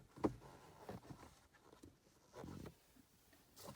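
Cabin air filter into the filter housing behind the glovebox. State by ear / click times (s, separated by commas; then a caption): not seated / none. A new pleated cabin air filter is slid, arrows pointing down, into the filter housing behind the glovebox of a 2020 Mazda CX-30. A sharp knock at 0.2 s and a softer one near 0.9 s are followed by a scraping slide around 2.4–2.7 s and a brief rustle near 3.6 s. The filter does not click in; it is judged seated by feel instead.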